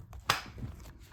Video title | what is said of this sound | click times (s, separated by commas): Altis Sigma MX one week review. | heard it click seat is closed | 0.3 s